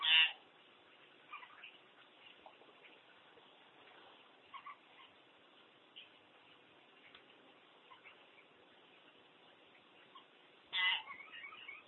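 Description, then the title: Common hill myna: one harsh, loud call at the start, then faint scattered notes, and a second harsh call about eleven seconds in, with steady hiss throughout. "burung beo"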